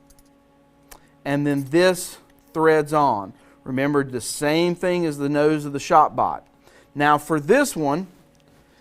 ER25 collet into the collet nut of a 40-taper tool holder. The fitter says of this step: The collet goes in, snaps into place, and